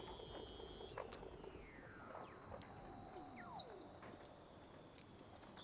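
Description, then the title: Weddell seal underwater calls: faint overlapping descending whistles and short downward sweeps amid crackling clicks and a noisy low background. "Weddell Seals (Underwater)"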